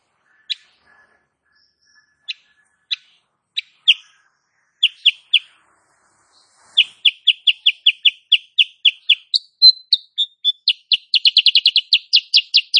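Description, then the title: Sooty-headed bulbul giving scattered single chips that quicken into a dense, rapid string of sharp repeated notes, briefly slurring into a higher whistle before speeding up again. Female, Sutra type; master recording used for training cage birds; described as gacor (singing persistently) and nembak rapat, meaning rapid, closely packed firing notes. "Masteran Kutilang Sutra. Kutilang SUTRA BETINA GACOR nembak RAPAT"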